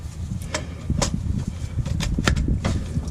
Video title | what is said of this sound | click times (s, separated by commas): Chevy Colorado/GMC Canyon P0449/P0446 Repair Vapor Canister Vent Solenoid Valve replacement | locks in place | 2.3 s